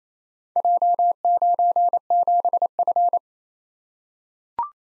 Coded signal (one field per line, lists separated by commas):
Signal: Morse code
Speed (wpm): 28 wpm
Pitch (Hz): 700 Hz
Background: none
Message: J97F